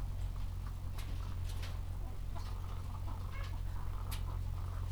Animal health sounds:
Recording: poultry house recording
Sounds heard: sick chickens (respiratory disease)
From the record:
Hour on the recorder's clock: 14

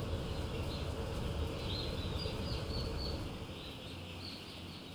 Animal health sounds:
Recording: poultry house recording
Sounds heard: healthy chickens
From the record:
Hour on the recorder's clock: 17

